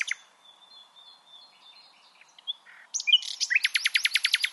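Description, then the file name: Common nightingale song opening with a long, thin, steady whistle, followed by a few soft notes and then a loud, rapid, rattling series of repeated notes. "Luscinia megarhynchos"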